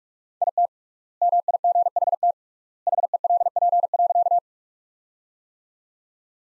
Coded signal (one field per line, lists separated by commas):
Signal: Morse code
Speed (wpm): 46 wpm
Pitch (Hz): 700 Hz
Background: none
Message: IT MIGHT HELP.